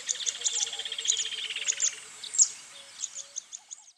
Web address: zvuk peniya ptits v parke ptits eschyo park ptits